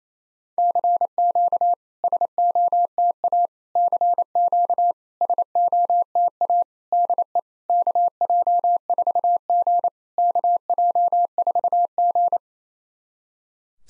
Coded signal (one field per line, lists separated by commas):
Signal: Morse code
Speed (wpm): 28 wpm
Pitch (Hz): 700 Hz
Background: none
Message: CQ SOTA CQ SOTA DE KJ4G KJ4G